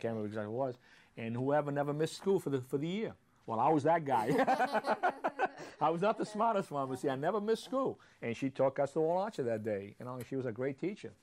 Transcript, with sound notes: I can't remember exactly what it was — and whoever never missed school for the — for the year. Well, I was that guy. [laughter] I was not the smartest one but, see, I never missed school. And she took us to Old Orchard that day. You know, she was a great teacher.